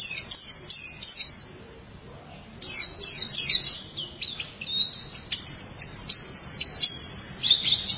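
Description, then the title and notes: White-eye song: a run of high, thin chirps, a short pause, then a longer twittering sequence of quick varied notes. "Suara kicauan burung pleci"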